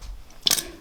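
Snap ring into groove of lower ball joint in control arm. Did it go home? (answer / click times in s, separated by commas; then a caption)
yes / 0.5 s. Snap ring pliers spread a steel snap ring and work it over the lower ball joint in the control arm, a Truhart extended ball joint on an Integra. A sharp metallic snap at 0.5 s is followed by a few quick ringing ticks as the ring seats into its groove.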